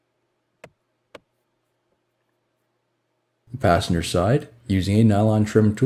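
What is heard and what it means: A plastic window switch trim panel on a 2002–2009 Dodge Ram is pushed into the door panel, carefully so its clips don't break. Two sharp snaps at 0.6 s and 1.2 s mark the clips seating home. After a quiet gap, someone talks from about 3.5 s.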